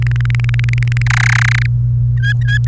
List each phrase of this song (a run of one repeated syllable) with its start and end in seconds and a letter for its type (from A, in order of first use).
0.02-1.02 A, 1.06-1.66 B, 2.17-2.58 C, 2.67-2.68 D